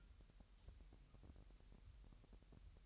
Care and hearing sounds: daily activity, microphone in the room; take from stove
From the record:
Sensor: 3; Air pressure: 1001.9 hPa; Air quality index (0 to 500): 248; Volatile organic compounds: 50 ppm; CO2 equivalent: 3294 ppm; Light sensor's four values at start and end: 6/15/6/6 and 6/15/6/6

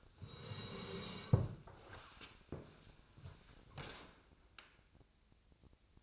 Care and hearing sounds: daily activity, microphone in the room; sit down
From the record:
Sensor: 2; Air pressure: 1000.3 hPa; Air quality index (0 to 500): 162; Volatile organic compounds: 3 ppm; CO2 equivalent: 1356 ppm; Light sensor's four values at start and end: 8/17/8/8 and 8/20/8/9

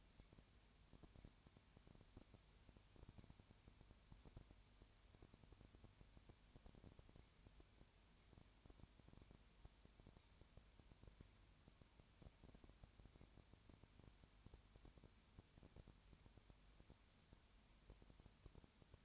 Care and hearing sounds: daily activity, microphone in the room; no activity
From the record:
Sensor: 2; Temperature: 20.4 degrees Celsius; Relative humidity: 35.6%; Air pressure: 1007.1 hPa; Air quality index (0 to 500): 122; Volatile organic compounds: 2 ppm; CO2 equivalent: 1255 ppm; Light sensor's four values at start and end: 2/3/2/2 and 2/3/2/2

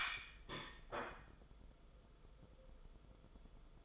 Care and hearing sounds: daily activity, microphone in the room; place plate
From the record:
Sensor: 5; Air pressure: 994.5 hPa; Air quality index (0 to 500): 170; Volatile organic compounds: 576 ppm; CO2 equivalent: 4912 ppm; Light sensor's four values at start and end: 9/23/9/10 and 10/23/9/10

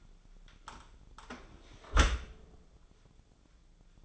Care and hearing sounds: daily activity, microphone in the room; close dishwasher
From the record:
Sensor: 5

